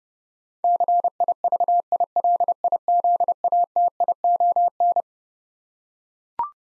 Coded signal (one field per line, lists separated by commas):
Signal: Morse code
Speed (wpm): 32 wpm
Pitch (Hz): 700 Hz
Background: none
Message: CIVILIZATION